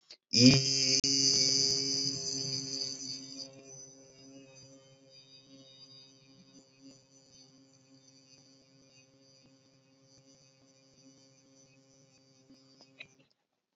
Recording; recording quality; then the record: sustained vowel as in beet; excellent, no background noise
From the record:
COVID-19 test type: RT-PCR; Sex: male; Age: 31 years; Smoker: no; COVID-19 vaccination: both doses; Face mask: not worn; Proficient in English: yes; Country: India